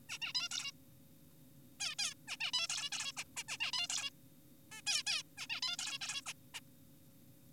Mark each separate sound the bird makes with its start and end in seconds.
0.10-0.18, 0.22-0.33, 0.35-0.49, 0.52-0.71, 1.80-1.95, 1.99-2.14, 2.28-2.37, 2.41-2.51, 2.54-2.67, 2.69-2.90, 2.92-3.12, 3.17-3.23, 3.37-3.44, 3.48-3.57, 3.61-3.71, 3.73-3.88, 3.90-4.10, 4.72-4.82, 4.87-5.03, 5.07-5.23, 5.38-5.47, 5.50-5.61, 5.63-5.76, 5.79-5.99, 6.01-6.21, 6.26-6.33, 6.54-6.60